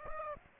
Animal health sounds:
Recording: mosquito wingbeat signal from an infrared sensor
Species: Aedes aegypti

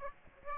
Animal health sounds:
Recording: mosquito wingbeat signal from an infrared sensor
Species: Aedes aegypti

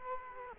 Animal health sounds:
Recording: mosquito wingbeat signal from an infrared sensor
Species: Culex quinquefasciatus

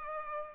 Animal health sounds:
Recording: mosquito wingbeat signal from an infrared sensor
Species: Culex pipiens

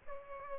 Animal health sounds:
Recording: mosquito wingbeat signal from an infrared sensor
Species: Aedes aegypti

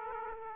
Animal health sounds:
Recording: mosquito wingbeat signal from an infrared sensor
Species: Aedes aegypti

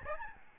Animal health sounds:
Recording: mosquito wingbeat signal from an infrared sensor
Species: Aedes albopictus

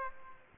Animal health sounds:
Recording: mosquito wingbeat signal from an infrared sensor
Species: Aedes aegypti

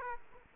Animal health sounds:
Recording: mosquito wingbeat signal from an infrared sensor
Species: Aedes aegypti

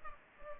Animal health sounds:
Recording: mosquito wingbeat signal from an infrared sensor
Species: Culex pipiens

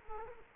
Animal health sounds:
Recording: mosquito wingbeat signal from an infrared sensor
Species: Culex quinquefasciatus

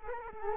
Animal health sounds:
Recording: mosquito wingbeat signal from an infrared sensor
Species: Culex quinquefasciatus

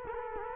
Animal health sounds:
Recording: mosquito wingbeat signal from an infrared sensor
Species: Culex quinquefasciatus

